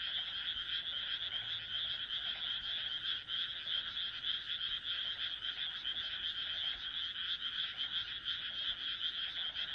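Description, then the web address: Frogs croaking in a continuous, unbroken chorus, overlapping pulsed calls forming a steady rattling wall of sound. "kaeru kaeru"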